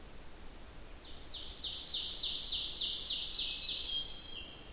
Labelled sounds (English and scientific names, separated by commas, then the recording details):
Ovenbird (Seiurus aurocapilla) song
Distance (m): 40 m
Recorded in boreal forest in Alberta, Canada, on 27 June 2016 at 05:46
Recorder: SongMeter 3, array SBT-6-79
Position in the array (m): 283 m, 40 m
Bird 39